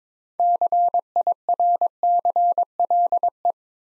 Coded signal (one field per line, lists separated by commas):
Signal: Morse code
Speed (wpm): 22 wpm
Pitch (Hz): 700 Hz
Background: none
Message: CIRCLE